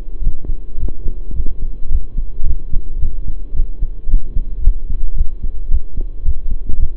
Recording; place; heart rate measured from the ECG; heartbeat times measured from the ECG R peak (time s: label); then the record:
heart sounds by stethoscope; between the tricuspid and mitral areas; 110 bpm
0.21 s: heartbeat
0.77 s: heartbeat
1.34 s: heartbeat
1.90 s: heartbeat
2.45 s: heartbeat
3.00 s: heartbeat
3.54 s: heartbeat
4.08 s: heartbeat
4.62 s: heartbeat
5.15 s: heartbeat
5.69 s: heartbeat
6.23 s: heartbeat
6.77 s: heartbeat
From the record:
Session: pedaling a stationary bicycle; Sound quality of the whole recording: saturated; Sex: male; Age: 23 years